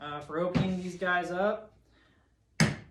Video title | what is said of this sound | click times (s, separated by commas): SAWS AND AXES -OVERLAND HACKS EP.5 | Pretty easy. You just kind of do a little half turn right there. You heard the click, push it down, | 2.6 s